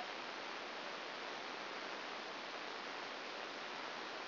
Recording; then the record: brain microelectrode recording played as sound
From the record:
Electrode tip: outside the subthalamic nucleus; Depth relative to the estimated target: 4 mm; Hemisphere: left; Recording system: AlphaMap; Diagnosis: Parkinson's disease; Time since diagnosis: 9 years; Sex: male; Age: 68 years